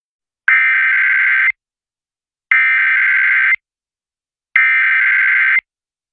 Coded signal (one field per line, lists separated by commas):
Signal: Emergency Alert System (SAME) tones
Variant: header bursts